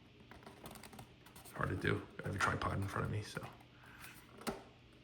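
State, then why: Seated. A 3D-printed plastic shelf is pushed into the side pieces of an RC pit shelf, with small protrusions on the tab edges made to make it snap in. Someone talks over light handling taps, and then a sharp snap at 4.5 s marks the tab seating into the side piece. It locks into place and doesn't easily slide out.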